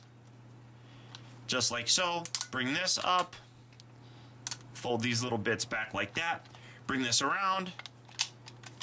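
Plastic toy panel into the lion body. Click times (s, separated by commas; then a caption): 8.2 s. Someone talks while folding small plastic parts of a Mattycollector.com Voltron Red Lion with Lance toy as it changes into Voltron's arm, then brings a plastic panel around and presses it into the lion body. A sharp plastic click comes at 8.2 s, but the part only loosely locks into place.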